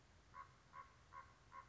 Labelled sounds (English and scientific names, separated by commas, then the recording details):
Common Raven (Corvus corax)
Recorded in Sonoma County, California